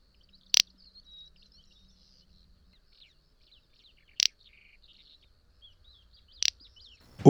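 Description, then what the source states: Little Bustard dry 'prrt' calls repeated every few seconds, with faint insect chirping in the background and a low thump at the end. Male's short dry 'prrt' given at regular intervals, likened to flatulence; recorded by Sononatura.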